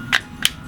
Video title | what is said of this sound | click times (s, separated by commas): Cheap Modular Drone Under $50 - Dacawin HW7016 - TheRcSaylors | this one everything's labeled b2 b2 and you just plug it in clicks | 0.5 s